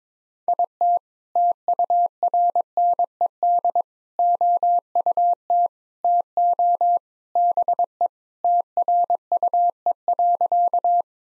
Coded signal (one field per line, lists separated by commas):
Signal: Morse code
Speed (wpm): 22 wpm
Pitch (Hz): 700 Hz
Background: none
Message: IT TURNED OUT TO BE TRUE.